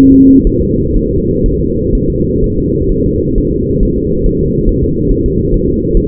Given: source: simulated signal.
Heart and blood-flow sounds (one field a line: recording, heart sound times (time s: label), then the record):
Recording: fetal heart sounds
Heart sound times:
0.12 s: S2
0.47 s: S1
0.62 s: S2
0.96 s: S1
1.11 s: S2
1.46 s: S1
1.61 s: S2
1.95 s: S1
2.10 s: S2
2.44 s: S1
2.58 s: S2
2.92 s: S1
3.06 s: S2
3.38 s: S1
3.52 s: S2
3.83 s: S1
3.97 s: S2
4.26 s: S1
4.41 s: S2
4.69 s: S1
4.84 s: S2
5.12 s: S1
5.26 s: S2
5.54 s: S1
5.69 s: S2
5.97 s: S1
From the record:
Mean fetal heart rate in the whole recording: 130 bpm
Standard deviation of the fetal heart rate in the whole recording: 4 bpm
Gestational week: 38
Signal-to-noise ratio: -10.2 dB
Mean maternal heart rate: 72 bpm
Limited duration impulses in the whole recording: present